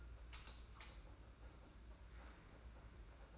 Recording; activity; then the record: daily activity, microphone in the room; light on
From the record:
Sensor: 2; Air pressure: 991.8 hPa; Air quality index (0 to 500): 227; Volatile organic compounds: 1000 ppm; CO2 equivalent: 7600 ppm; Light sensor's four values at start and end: 11/27/11/11 and 17/47/18/18